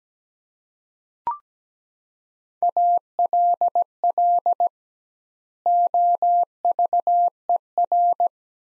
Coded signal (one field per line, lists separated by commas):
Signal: Morse code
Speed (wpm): 17 wpm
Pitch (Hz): 700 Hz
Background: none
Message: ALL OVER